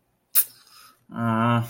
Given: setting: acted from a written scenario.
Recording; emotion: vocal sound without words; disappointment